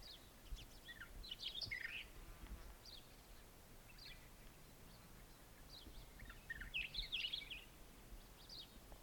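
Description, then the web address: Hume's Wheatear song, two scratchy warbling bursts of mixed chirps and whistles with scattered single notes between, over steady hiss. "sound Hume's-wheatear. صدای پرنده چکچک شکم سفید"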